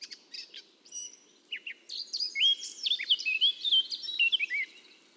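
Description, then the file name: Eurasian blackcap song, opening with a few soft scratchy notes, then a loud run of clear, fluting whistled phrases. "Sylvia atricapilla"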